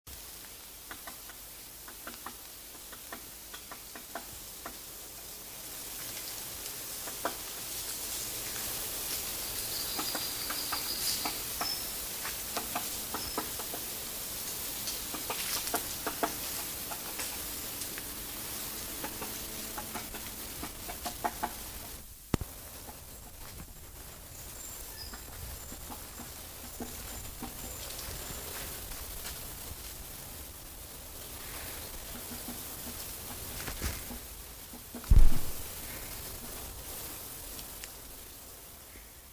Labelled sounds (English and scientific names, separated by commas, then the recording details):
Great Spotted Woodpecker (Dendrocopos major)
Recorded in the wild
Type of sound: pecking
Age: adult
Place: Mühlenbecker Wald, Brandenburg, DE
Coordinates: 52.6942, 13.3886
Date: 1983-08-20 18:01
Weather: 26-28°C
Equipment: Nagra SN, Sennheiser MKH 416T (Automatik), Kopie Uher 4000 Report Monitor
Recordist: Tembrock, Günter
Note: Hämmern an einer Kiefer, am Waldteich